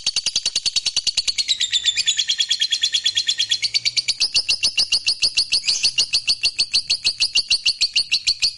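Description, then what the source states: Lovebird giving a long, unbroken high trill of rapid pulses, dense and chattering, running throughout. Fighter-type lovebird giving a long ngekek trill.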